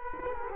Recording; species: mosquito wingbeat signal from an infrared sensor; Culex quinquefasciatus